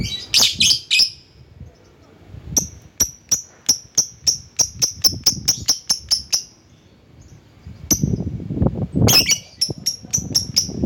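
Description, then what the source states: Lovebird calling in a fast series of sharp, high chirps, each note clipped and repeated steadily, then a pause before a harsher burst and more chirps. Lovebird calling a rival.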